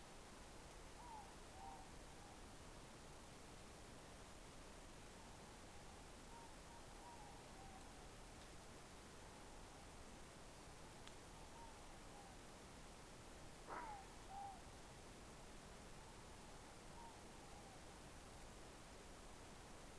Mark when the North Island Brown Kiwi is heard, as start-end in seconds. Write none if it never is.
none